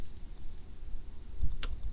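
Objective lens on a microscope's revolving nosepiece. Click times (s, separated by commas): 1.6 s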